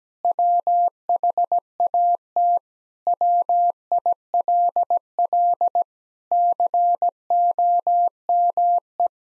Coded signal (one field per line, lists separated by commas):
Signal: Morse code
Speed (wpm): 17 wpm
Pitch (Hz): 700 Hz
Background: none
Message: WHAT WILL COME